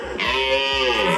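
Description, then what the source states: Red deer giving a sustained moaning roar, full and harmonic, holding steady and then tailing off slightly, over a faint low pulsing hum. Stags roaring during the rut in forests near Piotrków Trybunalski, Poland, marking presence and competing for hinds; most active evenings and nights; young stags wail longingly, mature stags roar deeply to assert dominance.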